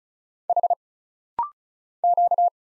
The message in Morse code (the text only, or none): H Q